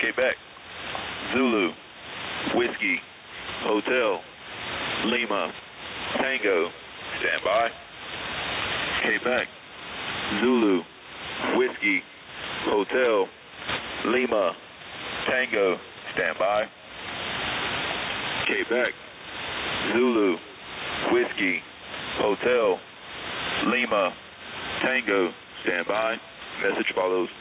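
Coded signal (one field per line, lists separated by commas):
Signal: coded military voice message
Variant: Emergency Action Message preamble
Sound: male voice reading phonetic-alphabet letters, repeated, then 'stand by, message follows', over hiss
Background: radio static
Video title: Mainsail Emergency Action Message No.2 - Shortwave 4724Khz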